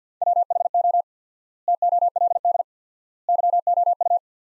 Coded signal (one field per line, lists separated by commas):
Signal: Morse code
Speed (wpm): 50 wpm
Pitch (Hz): 700 Hz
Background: none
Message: WHO TOLD YOU